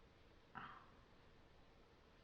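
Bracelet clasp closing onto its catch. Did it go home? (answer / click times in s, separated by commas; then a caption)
yes / 0.6 s. The clip clasp of a new bracelet is closed by hand onto its catch. A short, sharp click is heard at 0.6 s against a quiet background, and the clasp is seated shut.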